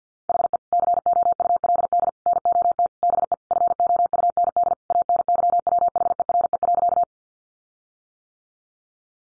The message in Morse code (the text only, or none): HE COULD NOT BE FOUND ANYWHERE.